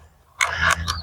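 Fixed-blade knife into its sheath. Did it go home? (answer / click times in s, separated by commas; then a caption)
yes / 0.4 s. A large Worktuff Mt. Lion Gen 2 fixed-blade knife is pushed into its sheath and seats with a sharp snap at 0.4 s, followed by a brief rustle and a second short click at 0.9 s. The knife is held securely in the sheath with no wiggle.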